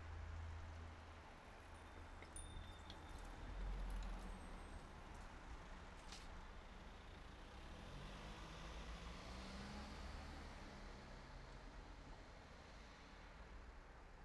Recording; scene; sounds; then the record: everyday scene through a hearing-aid microphone; in traffic; traffic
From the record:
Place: city secondary road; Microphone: behind the ear, right, front